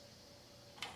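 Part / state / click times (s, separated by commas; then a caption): lid lock pin of an electric pressure cooker / released / 0.8 s. After cooking, the lid lock pin (float valve) of an electric pressure cooker releases with a single sharp click at 0.8 s. A steady low background hum runs throughout. The lock clicks free, so the lid can now be opened.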